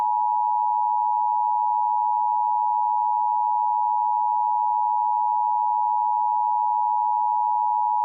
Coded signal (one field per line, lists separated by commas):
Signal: Emergency Alert System (SAME) tones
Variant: 853 and 960 Hz attention tone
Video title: EAS MOCK: Flash Flood Emergency from August 28th, 2016